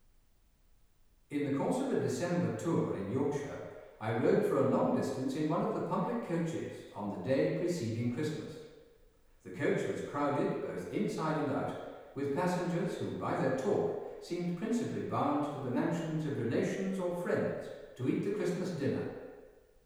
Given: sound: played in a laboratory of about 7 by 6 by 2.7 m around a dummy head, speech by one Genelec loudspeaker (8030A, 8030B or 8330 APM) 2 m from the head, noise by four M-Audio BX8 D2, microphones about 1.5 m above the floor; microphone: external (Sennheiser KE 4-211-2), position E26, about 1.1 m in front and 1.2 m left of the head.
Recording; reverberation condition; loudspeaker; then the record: male speech in English; high; behind (180 degrees)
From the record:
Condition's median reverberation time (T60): about 1300 ms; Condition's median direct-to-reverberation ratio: about -4.0 dB